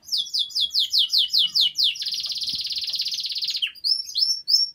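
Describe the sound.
Domestic canary song: a series of descending slurred notes about five per second, then a sustained rapid trill and a few sweeping whistles.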